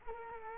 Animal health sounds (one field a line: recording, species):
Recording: mosquito wingbeat signal from an infrared sensor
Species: Culex quinquefasciatus